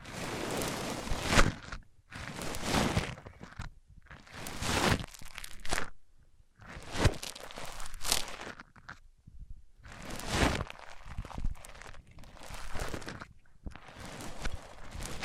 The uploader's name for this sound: Rubbing Mics On Different Surfaces